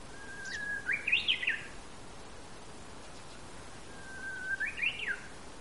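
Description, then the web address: Japanese bush warbler singing two phrases, each a drawn-out low whistle that breaks into a rising, tumbling burst of notes, with a quiet pause between. Recorded 24 March 2013. "sangamaki uguisu 130324"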